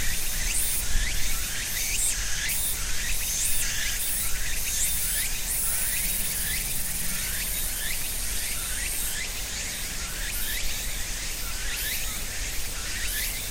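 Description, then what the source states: Cicada chorus of repeated chirping pulses layered over a continuous buzz, with a low traffic rumble throughout. Cicadas and other insects at end of summer in ornamental cherry trees between a small river and residential neighborhood, Japan; about 13:00; traffic audible; Sony PCM-M10, quasi-binaural EM172 mics on tree trunk.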